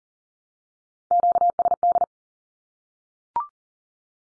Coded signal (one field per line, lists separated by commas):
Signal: Morse code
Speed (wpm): 40 wpm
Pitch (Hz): 700 Hz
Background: none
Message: QSD